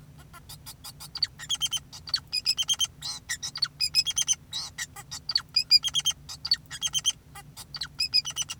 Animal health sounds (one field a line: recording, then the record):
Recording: song of a male Bengalese finch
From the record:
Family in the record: son of father 2, and himself father 4